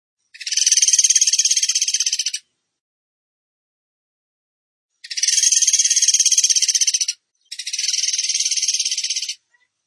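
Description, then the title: Bird song in three buzzy bursts of fast high pulses, each about two seconds, with a long silence after the first. Training recording (masteran) of a bird singing in the tembakan gacor style. "Masteran Burung Tembakan Gacor"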